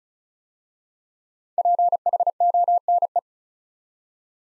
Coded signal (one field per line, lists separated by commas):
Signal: Morse code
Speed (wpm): 36 wpm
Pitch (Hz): 700 Hz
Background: none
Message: PHONE